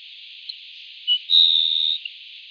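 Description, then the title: Grassland sparrow singing two short high introductory notes followed by an extended, even, insect-like buzz and a faint closing tick. "LuckyPassaro Completos2Sama. Grassland Sparrow (Ammodramus humeralis)"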